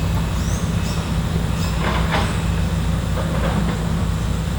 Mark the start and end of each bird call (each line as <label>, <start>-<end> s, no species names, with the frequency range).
bird call (4.5-8.9 kHz), 0.36-0.98 s
bird call (4.5-5.5 kHz), 1.56-1.70 s